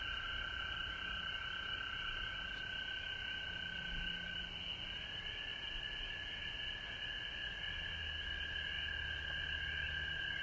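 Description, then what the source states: A frog chorus of overlapping trills; a steady tone shifts slightly in pitch midway, under a high hiss and faint low hum. Recorded at home in Georgia on March 19, 2020.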